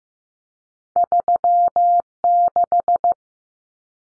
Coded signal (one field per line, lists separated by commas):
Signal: Morse code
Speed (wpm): 15 wpm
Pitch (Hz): 700 Hz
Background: none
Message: 36